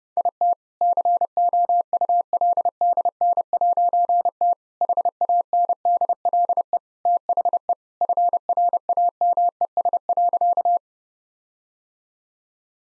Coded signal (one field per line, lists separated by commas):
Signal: Morse code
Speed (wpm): 30 wpm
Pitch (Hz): 700 Hz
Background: none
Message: IT COULDN'T HANDLE THE FRAMES.